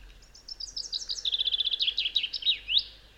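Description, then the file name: Common chaffinch singing one descending trill of crisp notes, finishing with an emphatic upward flourish; a steady low hum is present throughout. "Fringilla coelebs"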